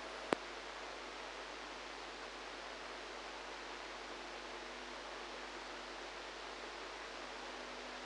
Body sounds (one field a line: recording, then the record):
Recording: brain microelectrode recording played as sound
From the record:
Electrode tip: outside the subthalamic nucleus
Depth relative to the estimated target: 0 mm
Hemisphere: right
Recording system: NeuroSet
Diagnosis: Parkinson's disease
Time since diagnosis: 8 years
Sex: female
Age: 45 years